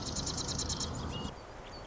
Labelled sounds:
Marsh Wren

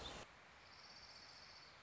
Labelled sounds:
Orange-crowned Warbler

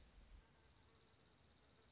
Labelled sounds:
Dark-eyed Junco

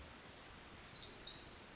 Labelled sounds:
Pacific Wren

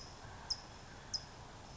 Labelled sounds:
California Towhee

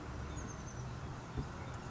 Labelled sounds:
Oak Titmouse

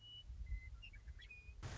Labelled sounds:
Western Meadowlark

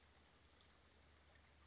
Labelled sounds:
Western Flycatcher

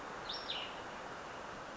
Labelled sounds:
Cassin's Vireo

